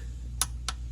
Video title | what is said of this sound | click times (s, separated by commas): Step-By-Step Oil Change DIY! | There's your click, and it's torqued exactly to specifications. | 0.4 s